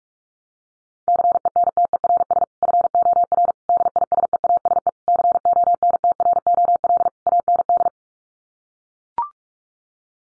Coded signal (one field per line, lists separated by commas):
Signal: Morse code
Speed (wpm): 44 wpm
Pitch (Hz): 700 Hz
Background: none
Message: CENTERS FOR DISEASE CONTROL AND